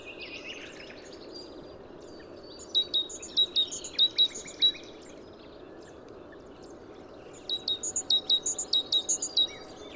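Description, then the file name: Great tit singing in two quick series of high, evenly repeated notes, each of several notes, over a steady low rumble with faint twittering from other birds. "Parus major"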